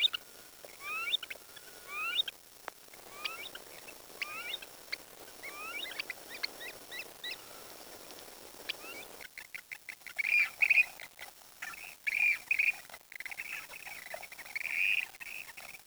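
Birds calling: many short slurred whistled chirps for about nine seconds, then louder harsh buzzy notes in irregular bursts.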